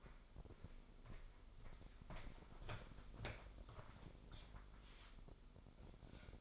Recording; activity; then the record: daily activity, microphone in the room; walk to room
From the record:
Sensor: 5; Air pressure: 995.8 hPa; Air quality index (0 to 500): 91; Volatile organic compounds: 5 ppm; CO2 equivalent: 1718 ppm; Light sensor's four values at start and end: 39/96/39/40 and 38/92/38/39